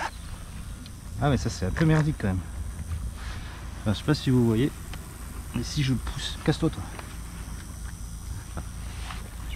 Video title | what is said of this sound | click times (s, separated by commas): 1ere sortie Traxxas X-MAXX en mode chill et blabla | là il se clipse dedans donc | 8.6 s